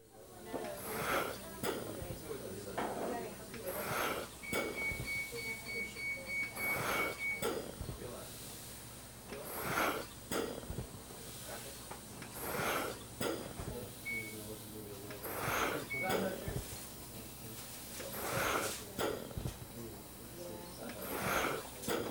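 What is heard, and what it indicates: A hospital mechanical ventilator cycling in regular, rhythmic breaths at about 21 per minute. Each cycle brings a broadband whoosh of airflow, with a few brief high electronic tones over a steady background hum.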